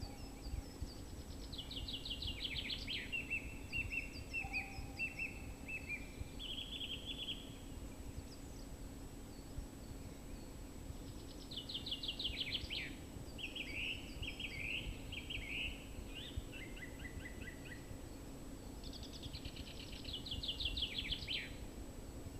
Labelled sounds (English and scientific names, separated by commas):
Song Thrush (Turdus philomelos) song